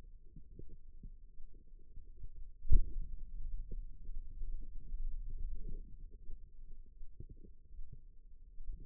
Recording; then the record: forearm muscle sounds (acoustic myography)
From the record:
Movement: finger pinch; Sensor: system 2, bracelet of six BSWA MPA416 microphones around the upper forearm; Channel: 4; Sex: female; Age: 25 years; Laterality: right